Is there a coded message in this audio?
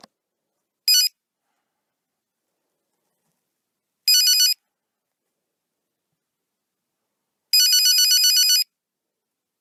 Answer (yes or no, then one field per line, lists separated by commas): no